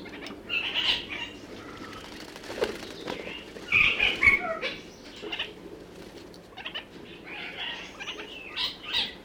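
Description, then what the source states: Red-crowned parakeet chattering in scattered scratchy phrases, louder around the middle, with soft gaps between bursts. New Zealand.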